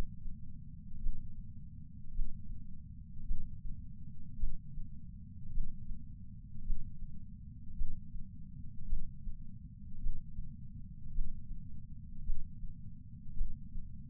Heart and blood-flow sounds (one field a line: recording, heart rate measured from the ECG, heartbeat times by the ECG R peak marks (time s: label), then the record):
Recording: heart sounds by patch sensor on the chest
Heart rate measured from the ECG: 53 bpm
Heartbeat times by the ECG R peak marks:
0.98 s: heartbeat
2.11 s: heartbeat
3.24 s: heartbeat
4.36 s: heartbeat
5.50 s: heartbeat
6.62 s: heartbeat
7.74 s: heartbeat
8.86 s: heartbeat
9.98 s: heartbeat
11.11 s: heartbeat
12.22 s: heartbeat
13.34 s: heartbeat
From the record:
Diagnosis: coronary artery disease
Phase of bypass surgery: intraoperative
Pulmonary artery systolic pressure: 22 mmHg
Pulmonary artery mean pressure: 14 mmHg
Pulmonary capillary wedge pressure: 10 mmHg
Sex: male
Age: 75 years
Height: 167 cm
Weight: 58 kg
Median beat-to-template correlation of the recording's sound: 0.95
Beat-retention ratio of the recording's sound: 0.99